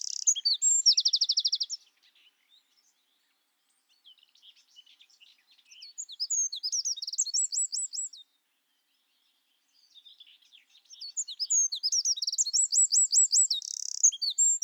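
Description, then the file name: Eurasian wren song: loud high tumbling phrases with rapid trills, three bursts separated by pauses, the last long and rattling. "Troglodytes troglodytes"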